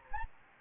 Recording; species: mosquito wingbeat signal from an infrared sensor; Anopheles gambiae